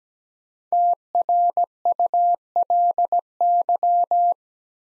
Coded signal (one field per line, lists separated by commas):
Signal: Morse code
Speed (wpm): 17 wpm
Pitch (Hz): 700 Hz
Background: none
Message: TRULY